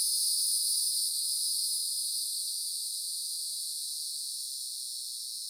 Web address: FOREST AMBIENCE 1 CENTRAL FLORIDA Upland Hardwoods Green Mountain Nature Forest Cicadas Isolated